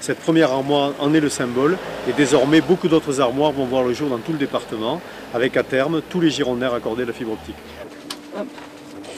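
A fibre optic connector is being handled at the first street distribution cabinet, ready to be clipped in. Someone talks throughout, and a faint steady tone remains near the end. The connector has not seated or clicked yet.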